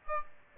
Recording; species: mosquito wingbeat signal from an infrared sensor; Aedes albopictus